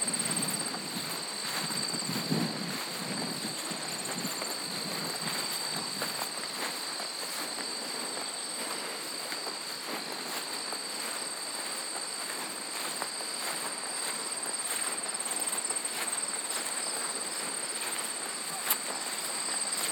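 Horses' hooves fall on a farm trail as soft, irregular thuds and scuffs throughout. A steady, high insect drone with a bright whine runs underneath the whole time, and a low rumble comes in during the first few seconds.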